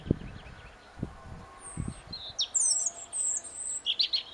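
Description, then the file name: European robin song in the second half: high, sweet whistled notes and quick trills, with some low thuds at the start. "Erithacus rubecula"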